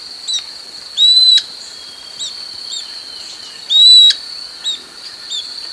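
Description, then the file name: Bird calls: two loud, level whistled notes about three seconds apart, each ending abruptly, with soft short chirps between and a steady high-pitched hum throughout. "SABIOD 50 bird 2015"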